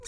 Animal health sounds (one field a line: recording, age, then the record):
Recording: pig call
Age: weaner (32 to 43 days)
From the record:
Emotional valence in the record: negative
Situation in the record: novel object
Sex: female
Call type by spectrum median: high-frequency call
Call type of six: high-frequency stable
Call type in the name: high-frequency stable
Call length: 0.08 s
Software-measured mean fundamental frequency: 192 Hz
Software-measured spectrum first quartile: 784 Hz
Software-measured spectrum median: 3934 Hz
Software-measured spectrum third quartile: 7162 Hz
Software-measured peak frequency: 480 Hz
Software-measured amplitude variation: 59 dB a second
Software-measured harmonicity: 6.0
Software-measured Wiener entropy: -3.78